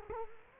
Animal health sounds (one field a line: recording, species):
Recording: mosquito wingbeat signal from an infrared sensor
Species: Culex quinquefasciatus